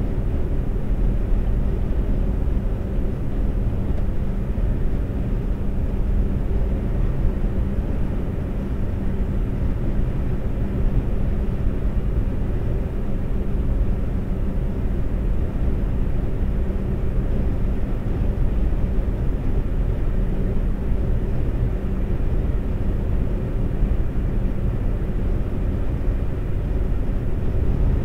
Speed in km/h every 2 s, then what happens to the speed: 126, 126, 126, 126, 126, 126, 126, 126, 126, 126, 126, 126, 126, 126.
0-28 steady at about 126.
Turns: none.